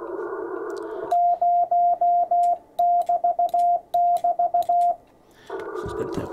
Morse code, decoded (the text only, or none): 0 <BT> <BT>